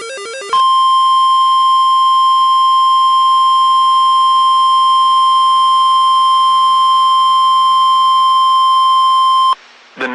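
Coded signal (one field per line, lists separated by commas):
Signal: Emergency Alert System (SAME) tones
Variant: 1050 Hz attention tone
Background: music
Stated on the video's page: Severe thunderstorm warning received from a weather radio station.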